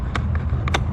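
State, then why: Seated. An angled plastic door trim piece on an Infiniti QX60 is pushed back into the door panel, giving sharp plastic snaps at 0.2 s and 0.8 s, with softer ticks in between over a steady low rumble. The trim piece is seated.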